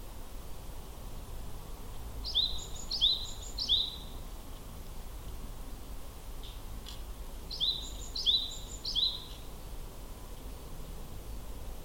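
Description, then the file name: Japanese tit singing two phrases of three quick two-part notes each, several seconds apart, against constant low rumbling noise. Recorded at Akasaka on 2 April 2022 at 07:47. "sijuukara 20220402 akasaka 0747"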